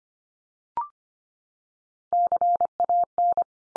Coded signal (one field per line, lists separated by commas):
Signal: Morse code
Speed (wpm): 25 wpm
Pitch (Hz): 700 Hz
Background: none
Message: CAN